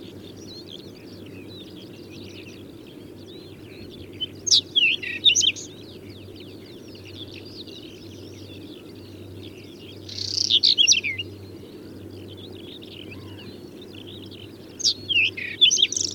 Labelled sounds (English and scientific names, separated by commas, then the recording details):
Whinchat (Saxicola rubetra) song
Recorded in the wild
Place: Schwerin, Lewitz, Mecklenburg-Vorpommern, DE
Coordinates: 53.636, 11.401
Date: 1984-04-30 06:42
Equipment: Nagra III BH, Sennheiser MD 21, parabola
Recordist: Schubert, Michael
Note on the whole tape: Gesang Braunkehlchen